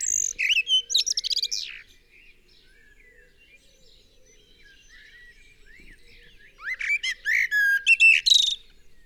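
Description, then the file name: Common blackbird singing: a fluty, warbled phrase that ends in high chirps, a long gap with faint bird notes behind it, then another rich phrase with a squeaky twittering finish. "Turdus merula"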